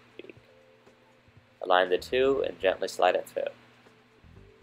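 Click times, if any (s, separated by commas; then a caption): none. A 3D-printed plastic bird beak is lined up with a crankshaft piston, matching the triangle hole on the piston to the triangle shape on the beak, and gently slid through. Two faint ticks sound at about 0.2 and 0.3 s over a low steady hum, then someone talks. Nothing has seated or clicked yet.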